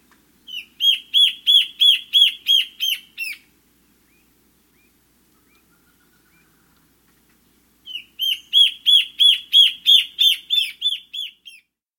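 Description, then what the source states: Slender antbird song: a fast, even series of about ten sharp, high chirped notes, given twice with a silent pause of several seconds between the series. South America.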